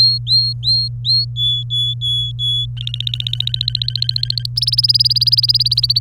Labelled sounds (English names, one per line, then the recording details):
Domestic Canary song
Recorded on 24 April 2018 at 13:19
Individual llb3